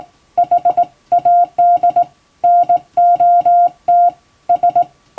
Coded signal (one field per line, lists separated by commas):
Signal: Morse code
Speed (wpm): 20 wpm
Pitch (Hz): 700 Hz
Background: music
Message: HAD NOT S